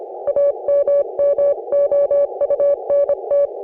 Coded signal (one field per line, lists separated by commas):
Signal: Morse code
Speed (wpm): 26 wpm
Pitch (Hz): 560 Hz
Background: none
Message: AMMOUNT